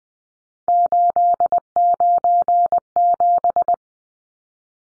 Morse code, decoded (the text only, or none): 897